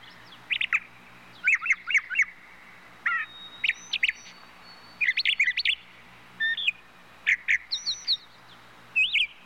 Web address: bird trushes brown thrushes animal